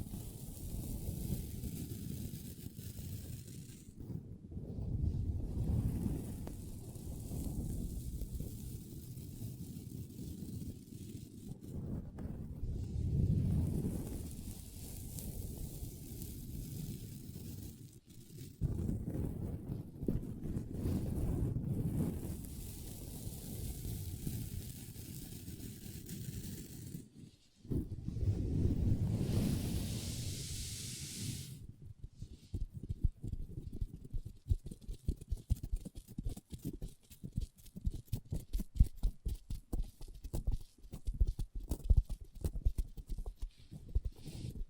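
Long nails scratch and rub across a tabletop for the first half, a dense, low rasping that swells and fades in waves with brief pauses. After about 32 seconds it turns to rapid tapping, sharp clicks in quick, uneven bursts that continue to the end.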